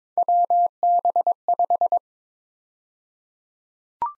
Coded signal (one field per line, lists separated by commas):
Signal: Morse code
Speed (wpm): 21 wpm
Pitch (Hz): 700 Hz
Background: none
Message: WB5